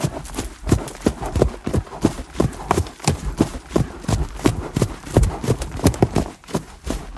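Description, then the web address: Horse hoofbeats at a trot, a steady run of muffled thuds repeating rapidly throughout. Horse's feet trotting on grass at a steady pace. "chevalpiedstrotherbesteady"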